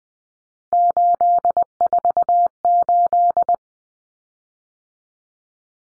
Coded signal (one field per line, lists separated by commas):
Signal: Morse code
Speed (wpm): 20 wpm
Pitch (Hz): 700 Hz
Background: none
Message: 848